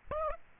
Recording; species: mosquito wingbeat signal from an infrared sensor; Aedes aegypti